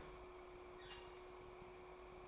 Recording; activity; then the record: daily activity, microphone in the room; open fridge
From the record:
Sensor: 1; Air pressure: 1004.6 hPa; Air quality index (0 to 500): 194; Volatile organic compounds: 17 ppm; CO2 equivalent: 2572 ppm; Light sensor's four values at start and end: 4/10/4/4 and 4/10/4/4